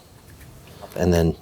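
A replacement Alpine tweeter for a Tesla Model Y or Model 3 is handled and positioned at its factory clip mount in the door or dash area while someone talks. Faint low handling noise runs under the first second, then speech fills roughly 1.0 to 1.3 s. Nothing has seated or clicked yet.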